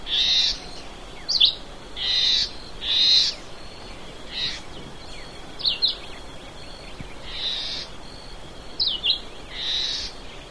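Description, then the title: Red-eyed vireo song: short, high warbled phrases separated by brief pauses, some phrases broad and burry, others quick sharp slurred notes, delivered irregularly over steady faint background hiss. Subspecies chivi of the Red-eyed vireo. "LuckyPassaro Completos2Sama. Red-eyed Vireo (Vireo olivaceus chivi)"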